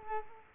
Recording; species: mosquito wingbeat signal from an infrared sensor; Culex quinquefasciatus